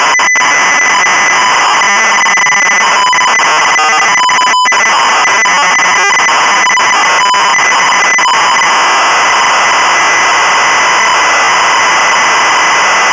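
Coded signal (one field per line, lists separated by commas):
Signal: ZX Spectrum tape loading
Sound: harsh rasping, buzzing data screech with rapidly alternating pitches and hiss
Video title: The Great Escape (1984) - Sinclair ZX Spectrum (Full Tape Rip / Cassette Load)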